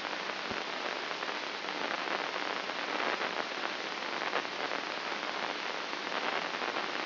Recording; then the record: brain microelectrode recording played as sound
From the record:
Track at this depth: outside the subthalamic nucleus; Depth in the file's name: 7.029 mm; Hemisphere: left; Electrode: 2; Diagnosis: Parkinson's disease